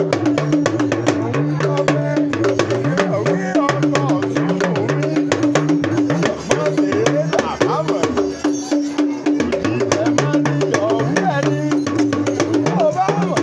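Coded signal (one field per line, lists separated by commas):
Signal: talking drum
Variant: Yoruba dùndún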